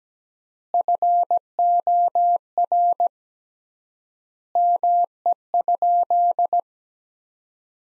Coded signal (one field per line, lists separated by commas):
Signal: Morse code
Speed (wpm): 17 wpm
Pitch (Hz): 700 Hz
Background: none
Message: FOR ME?